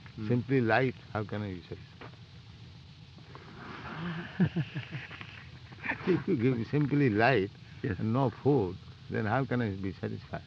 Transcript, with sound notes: Simply light, how can I be satisfied? [laughter] If you give me simply light and no food, then how can I be satisfied?